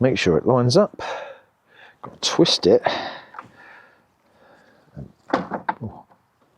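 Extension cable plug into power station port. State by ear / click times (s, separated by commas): not seated / none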